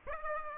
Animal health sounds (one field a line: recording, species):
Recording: mosquito wingbeat signal from an infrared sensor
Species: Aedes aegypti